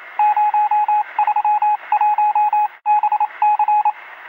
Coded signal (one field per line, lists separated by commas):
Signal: Morse code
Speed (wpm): 27 wpm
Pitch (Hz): 840 Hz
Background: radio noise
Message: 031BC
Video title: Fall asleep in minutes with 8 hours of epic morse code.